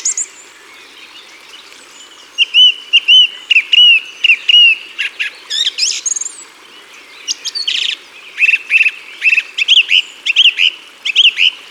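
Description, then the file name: Song thrush song: loud whistled phrases, each repeated several times, with clear fluty notes and sharp, high notes between, in a quiet background. By the water. "Grive musicienne Au bord de leau"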